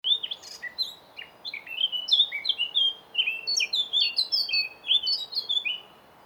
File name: Sylvia atricapilla